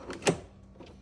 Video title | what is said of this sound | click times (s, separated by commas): Sandcastle Espresso Machine Instructions | you'll hear it click and snap into place | 0.3 s